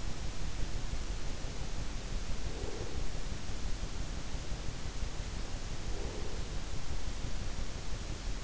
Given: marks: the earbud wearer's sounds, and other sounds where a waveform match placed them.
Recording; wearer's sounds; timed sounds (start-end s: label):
sounds in sleep by an in-ear microphone; breath
2.39-3.14 s: breath
5.87-6.65 s: breath